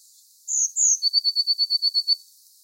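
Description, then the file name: Eurasian blue tit song: two high, thin, slightly descending notes, then a quick, even trill of about a dozen lower pure notes lasting roughly a second. "Cyanistes caeruleus"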